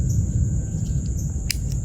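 A copper-crimped low-voltage wire splice is pushed all the way down into a silicone grease-filled waterproofing tube over a steady low rumble and a constant high-pitched tone. A sharp click at 1.5 s marks the splice locking in place, followed by a fainter tick at 1.7 s.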